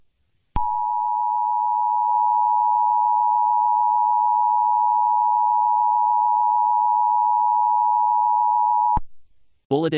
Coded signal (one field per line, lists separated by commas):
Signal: Emergency Alert System (SAME) tones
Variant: 853 and 960 Hz attention tone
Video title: Angry EAS